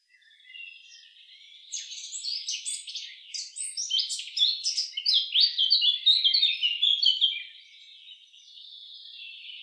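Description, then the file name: Eurasian blackcap singing a busy, chattering warble that builds in the middle and tails off to a faint high twitter. "Sylvia atricapilla"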